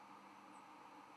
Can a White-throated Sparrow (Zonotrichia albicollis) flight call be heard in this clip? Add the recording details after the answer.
no. Another species' flight call is heard. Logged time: 06:18 on 11 November 2014